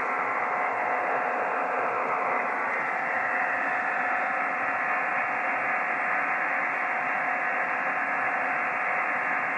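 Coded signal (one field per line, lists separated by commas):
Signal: digital SSTV (DRM)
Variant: EasyPal (DRM)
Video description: Using EasyPal to decode digital Slow Scan TV on 14.233MHz.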